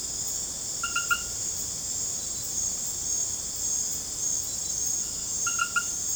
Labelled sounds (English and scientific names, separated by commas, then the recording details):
none
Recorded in secondary vegetation near Puerto Asís, Putumayo, Colombia, on 18 December 2024 at 20:00
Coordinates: 0.489, -76.322
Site G059